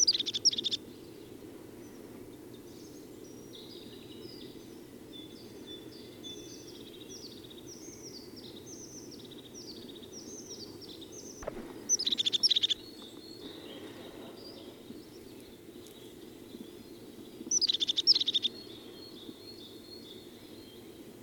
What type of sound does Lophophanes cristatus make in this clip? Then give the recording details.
song. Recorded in the wild. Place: Schorfheide, Brandenburg, DE. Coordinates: 52.907, 13.531. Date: 1989-04-16. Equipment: Nagra III BH, Sennheiser MD 21, parabola. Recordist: Schubert, Michael